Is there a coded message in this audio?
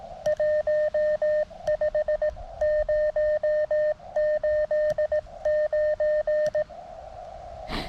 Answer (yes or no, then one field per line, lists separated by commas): yes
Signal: Morse code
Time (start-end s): 0.3-6.6 s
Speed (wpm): 17 wpm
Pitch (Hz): 610 Hz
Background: radio noise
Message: 15089